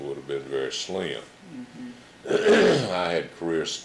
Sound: clears throat

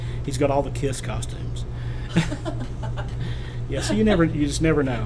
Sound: laughs

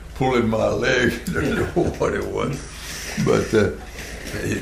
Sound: laughing

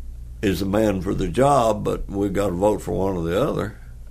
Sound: none

